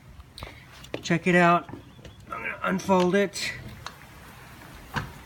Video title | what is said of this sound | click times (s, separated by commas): Stealth Bullet 300w Electric Scooter Review | and then clicks into place. | 0.4 s